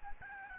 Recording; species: mosquito wingbeat signal from an infrared sensor; Aedes albopictus